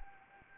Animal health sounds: mosquito wingbeat signal from an infrared sensor; Anopheles arabiensis

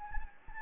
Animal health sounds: mosquito wingbeat signal from an infrared sensor; Anopheles gambiae

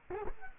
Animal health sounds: mosquito wingbeat signal from an infrared sensor; Culex quinquefasciatus

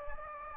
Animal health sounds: mosquito wingbeat signal from an infrared sensor; Anopheles gambiae

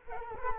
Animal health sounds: mosquito wingbeat signal from an infrared sensor; Culex quinquefasciatus

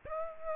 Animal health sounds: mosquito wingbeat signal from an infrared sensor; Aedes aegypti

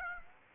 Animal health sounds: mosquito wingbeat signal from an infrared sensor; Aedes aegypti

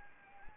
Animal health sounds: mosquito wingbeat signal from an infrared sensor; Anopheles arabiensis

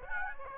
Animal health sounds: mosquito wingbeat signal from an infrared sensor; Aedes aegypti

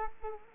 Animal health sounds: mosquito wingbeat signal from an infrared sensor; Culex quinquefasciatus

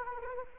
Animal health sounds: mosquito wingbeat signal from an infrared sensor; Anopheles arabiensis

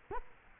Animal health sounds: mosquito wingbeat signal from an infrared sensor; Culex quinquefasciatus

